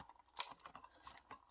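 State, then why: Seated. A diagonally opposite plastic push pin of the stock cooler for an Intel i5-13400F is pressed into a mounting hole on a Gigabyte B760M DS3H LGA 1700 motherboard. It seats with one loud, sharp snap at 0.4 s, and fainter small clicks and rustles follow. The snap sounds differ from pin to pin.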